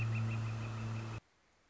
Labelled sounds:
Northern Flicker (Colaptes auratus)
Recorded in Sonoma County, California

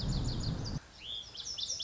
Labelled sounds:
Lazuli Bunting (Passerina amoena)
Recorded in Sonoma County, California

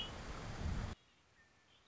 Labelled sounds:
Red-winged Blackbird (Agelaius phoeniceus)
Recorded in Sonoma County, California

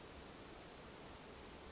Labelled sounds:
Western Flycatcher (Empidonax difficilis)
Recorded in Sonoma County, California

